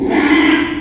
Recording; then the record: squeal of a Yucatan mini pig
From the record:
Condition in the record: after surgery on the right vocal fold (resection and tissue-engineered implant); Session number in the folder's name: 3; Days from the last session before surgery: 33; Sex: male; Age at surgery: 12 weeks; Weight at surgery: 13 kg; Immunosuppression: cyclosporine, prednisolone